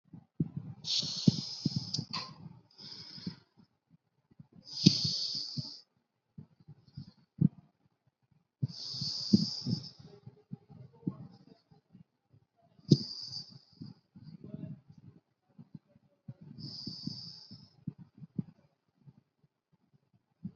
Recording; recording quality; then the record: deep breathing; excellent, no background noise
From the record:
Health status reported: healthy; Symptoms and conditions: none ticked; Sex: female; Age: 25 years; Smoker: not ticked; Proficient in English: yes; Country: India